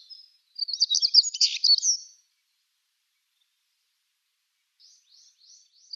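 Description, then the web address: Siberian stonechat song: a loud scratchy twittering phrase of about one and a half seconds, a long pause, then a softer series of quick high notes beginning. "Schulze Peter Siberian Stonechat song"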